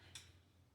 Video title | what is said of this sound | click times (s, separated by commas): Ultimate Home Vacuum – Cordless, Anti-Tangle, Powerful LINK IN DESCRIPTION | If you heard that click, it clicks in so that it is ready to go. | 0.2 s